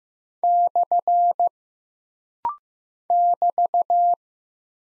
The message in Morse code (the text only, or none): / <BT>